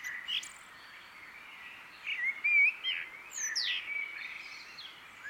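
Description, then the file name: Eurasian blackbird song, a few liquid warbled phrases and a high sliding note. "Turdus merula"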